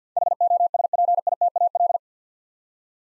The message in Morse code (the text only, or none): HOSPITAL